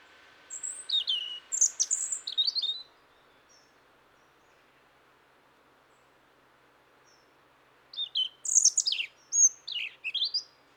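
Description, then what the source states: European robin song: two separate phrases of high, thin whistles and trills, several seconds apart, with near silence between. Autumn song, singing again now with the arrival of northern migrants.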